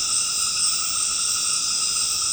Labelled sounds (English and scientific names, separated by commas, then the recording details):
none
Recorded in secondary vegetation near Puerto Asís, Putumayo, Colombia, on 8 March 2025 at 20:00
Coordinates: 0.485, -76.322
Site G040